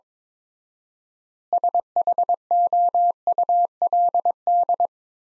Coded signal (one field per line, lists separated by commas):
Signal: Morse code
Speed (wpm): 22 wpm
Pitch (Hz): 700 Hz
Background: none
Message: SHOULD